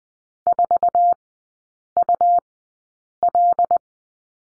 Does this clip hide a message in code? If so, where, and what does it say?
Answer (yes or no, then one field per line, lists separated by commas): yes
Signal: Morse code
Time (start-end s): 0.5-3.8 s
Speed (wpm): 20 wpm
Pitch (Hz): 700 Hz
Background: none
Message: 4UL